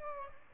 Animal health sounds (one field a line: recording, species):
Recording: mosquito wingbeat signal from an infrared sensor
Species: Aedes albopictus